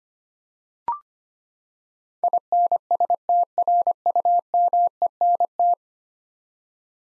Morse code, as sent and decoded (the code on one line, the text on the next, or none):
.. -. ... - .-. ..- -- . -. -
INSTRUMENT